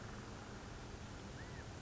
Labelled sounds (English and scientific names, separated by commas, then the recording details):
California Quail (Callipepla californica)
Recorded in Sonoma County, California